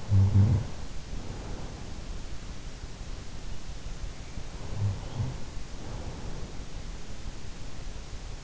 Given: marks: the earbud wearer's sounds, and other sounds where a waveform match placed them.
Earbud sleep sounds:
sounds in sleep by an in-ear microphone; snoring breath
0.00-1.88 s: snoring breath
4.34-6.34 s: snoring breath

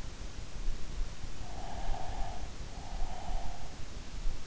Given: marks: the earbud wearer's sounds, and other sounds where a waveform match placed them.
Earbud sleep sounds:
sounds in sleep by an in-ear microphone; breath
1.37-3.89 s: breath

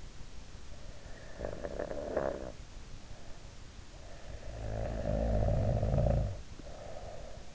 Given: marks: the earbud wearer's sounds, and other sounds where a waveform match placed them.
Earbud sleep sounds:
sounds in sleep by an in-ear microphone; snoring breath
0.84-2.57 s: snoring breath
4.16-7.55 s: snoring breath

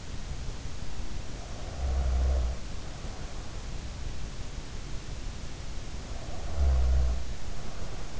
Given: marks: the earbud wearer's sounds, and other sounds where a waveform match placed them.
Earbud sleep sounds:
sounds in sleep by an in-ear microphone; snoring breath
1.18-3.41 s: snoring breath
5.92-8.20 s: snoring breath

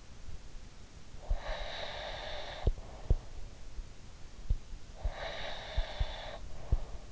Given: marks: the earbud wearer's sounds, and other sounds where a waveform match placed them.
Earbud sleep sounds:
sounds in sleep by an in-ear microphone; breath
1.34-3.39 s: breath
5.08-7.12 s: breath

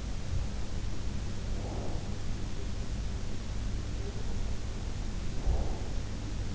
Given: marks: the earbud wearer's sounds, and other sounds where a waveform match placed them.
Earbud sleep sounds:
sounds in sleep by an in-ear microphone; breath
0.63-2.83 s: breath
4.04-6.07 s: breath

